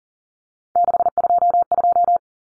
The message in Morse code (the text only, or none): 622